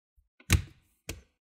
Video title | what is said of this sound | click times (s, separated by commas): HOW TO remove / Upgrade DELL Inspiron 13 7000 series SSD / HDD | You want to hear those click sounds? | 0.5 s, 1.1 s